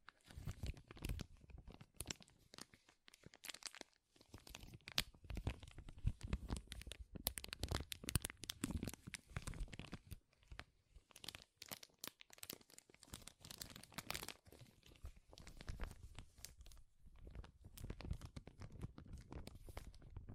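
Loud crinkling runs through the whole stretch, a dense, irregular stream of sharp crackles and rustles with bright, crisp edges and some low rumble underneath. Bursts of heavier crumpling and tearing-like rips come every second or so, with brief thinner pauses around 4 and 14 seconds.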